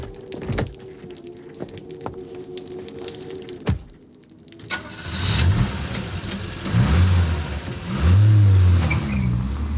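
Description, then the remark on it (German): A bus engine idles low with a few sharp clicks, then swells into a louder, deep rumble that surges and revs in uneven waves. No one speaks. “Der Bus hält hier nur 10 Minuten.”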